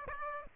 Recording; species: mosquito wingbeat signal from an infrared sensor; Aedes aegypti